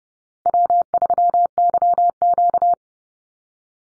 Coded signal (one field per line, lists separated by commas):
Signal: Morse code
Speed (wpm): 30 wpm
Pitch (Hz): 700 Hz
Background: none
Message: W3YQ